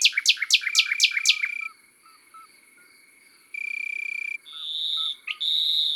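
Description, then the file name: Common nightingale song: six loud, sharply descending whistled notes in quick succession, followed by quieter chirps and intermittent insect trills. Heard in the countryside. "Rossignol philomele Chants doiseaux dans la campagne"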